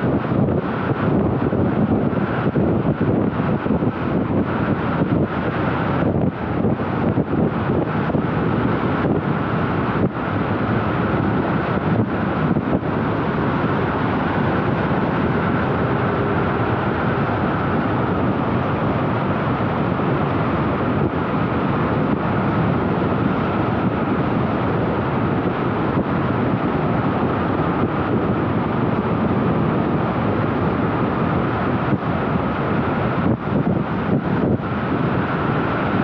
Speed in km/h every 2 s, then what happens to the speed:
99, 98, 97, 98, 98, 99, 98, 97, 96, 96, 95, 101, 101, 101, 101, 95, 96, 92.
0-29 steady at about 98. 29-36 slows to 92.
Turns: none.